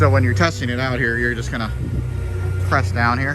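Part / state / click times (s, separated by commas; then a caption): lap bar restraint locking into a roller coaster test seat / not seated / none. On a roller coaster test seat, a lap bar restraint is being handled before being pressed down to ratchet and lock. Someone talks over a steady low rumble. Nothing has seated or clicked yet.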